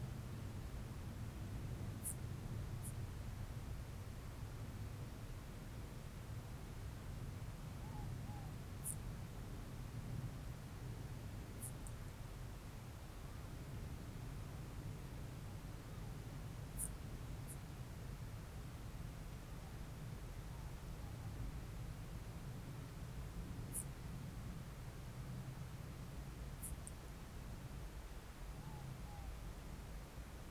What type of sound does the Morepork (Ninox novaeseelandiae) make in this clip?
more-pork call